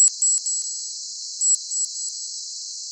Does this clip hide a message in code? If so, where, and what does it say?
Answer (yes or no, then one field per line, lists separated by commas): no